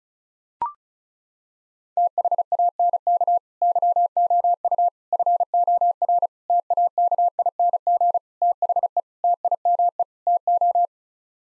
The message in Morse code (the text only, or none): THANK YOU FOR TAKING THE TIME TO